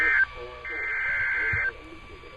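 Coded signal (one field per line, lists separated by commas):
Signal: Emergency Alert System (SAME) tones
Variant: header bursts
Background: speech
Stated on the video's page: Compilation of severe thunderstorm, tornado, weekly test and child abduction alerts received from weather radio and broadcast stations.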